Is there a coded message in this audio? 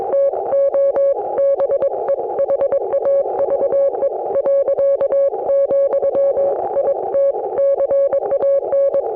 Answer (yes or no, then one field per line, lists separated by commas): yes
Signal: Morse code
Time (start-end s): 0.1-9.0 s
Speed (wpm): 22 wpm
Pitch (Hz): 560 Hz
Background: none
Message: TO BEHAVE ., IT CAN